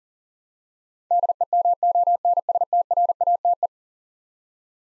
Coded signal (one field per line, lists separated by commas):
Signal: Morse code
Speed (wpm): 39 wpm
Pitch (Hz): 700 Hz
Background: none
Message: DEMONSTRATE